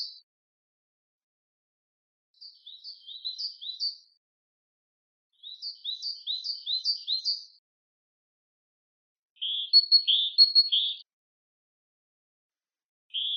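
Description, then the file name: Great tit song phrases of quick repeated two-note units, the last phrase shifting to lower, fuller notes, with silent pauses between. "sinitsa bolshaya"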